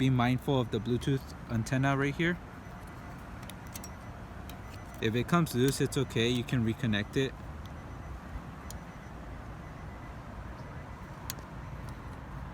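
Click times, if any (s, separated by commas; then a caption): 11.3 s. While someone talks, the Bluetooth antenna coax snap connector is reconnected onto the monitor circuit board of a 2018–2019 Infiniti QX80 during an Apple CarPlay / Android Auto install. Small ticks sound at 3.5, 3.8, 4.5 and 8.7 seconds, and a sharp click at 11.3 seconds marks the connector snapping back into place, seated.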